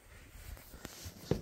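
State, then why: Seated. A Ski-Doo GTX 550 FN snowmobile seat is pressed down at a second latch point on its frame. Two sharp clicks at 0.9 s and 1.3 s are heard over a low background. The seat locks into place.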